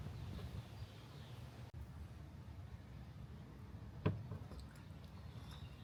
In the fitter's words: to torque it to 22 foot-pounds. Once you hear the click, you know it's done.